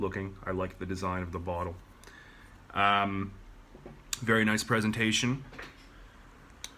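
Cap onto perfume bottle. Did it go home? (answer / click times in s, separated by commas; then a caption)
yes / 6.6 s. Someone talks while handling an Acqua di Gio Profondo fragrance bottle. The non-magnetic cap is pushed onto the perfume bottle and clicks into place with one sharp click at 6.6 s, seating it.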